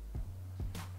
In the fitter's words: so you just open it squeeze the fan you'll hear it click in